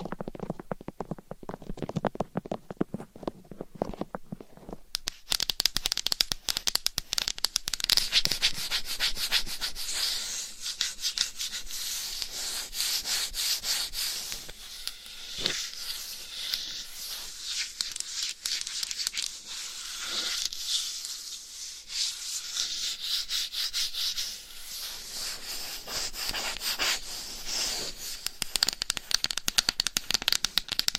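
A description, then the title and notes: Scratching and rubbing on a binaural microphone, bright, with dense, rapid friction strokes. The first five seconds are softer and lower, then a steady hissing scrape takes over, swelling and easing in waves, with a few sharper taps near 15 and 20 seconds. ASMR Binaural Mic Scratching & Tapping with Different Gloves & Nails for 100% SLEEP - No Talking.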